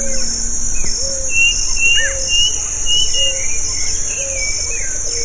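Bird calls, low whistles repeated at regular intervals with higher twittering slurred notes between them, over a dense, even insect drone.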